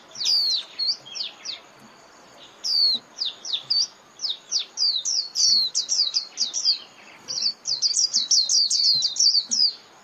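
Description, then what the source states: White-eye calls: high, thin chirps in loose bursts, building into rapid repeated downslurred notes in the second half. Lure call (mồi) used for trapping white-eyes.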